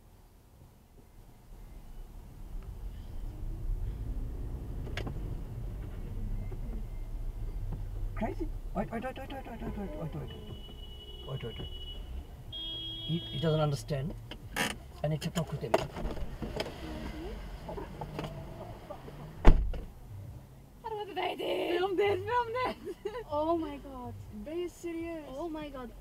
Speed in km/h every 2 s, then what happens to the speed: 5, 11, 5, 5, 5, 3, 2, 0, 0, 0, 0, 0, 0.
0-11 steady at about 5. 11-26 standing.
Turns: none.